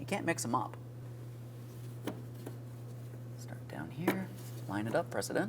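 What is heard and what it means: Someone talks while lining up the lower fuel line quick connector, the one with the red lock, and pressing it onto the fuel tank line fitting during a fuel pump module assembly replacement on a 2007-2014 GMC Sierra 2500 HD 6.0L V8. A steady low hum runs underneath, with brief faint ticks near 2.1 s and 3.5 s. The clip ends just before the connector goes home, so nothing has seated or clicked yet.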